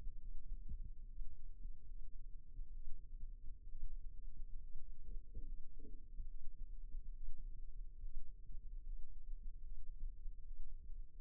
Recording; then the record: forearm muscle sounds (acoustic myography)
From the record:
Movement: rest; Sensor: system 2, bracelet of six BSWA MPA416 microphones around the upper forearm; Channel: 6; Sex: male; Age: 22 years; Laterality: right